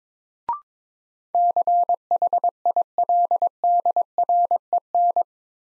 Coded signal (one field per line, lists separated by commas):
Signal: Morse code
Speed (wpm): 22 wpm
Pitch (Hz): 700 Hz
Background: none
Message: CHILDREN